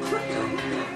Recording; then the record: coughing mixed with background sound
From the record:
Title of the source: female coughing - coughing sound effects girl